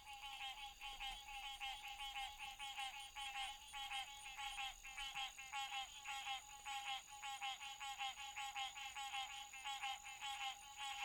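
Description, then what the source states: Frog chorus of quick, rattling croaks, many callers overlapping, over a constant thin high whine. Recorded on 28 June 2009 at 9:04 PM.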